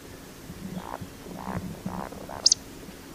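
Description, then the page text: Eurasian woodcock call: four low, throaty croaks in quick succession, then a shrill, high double squeak at the end. "Matthias Feuersenger - Вальдшнеп (Scolopax rusticola)"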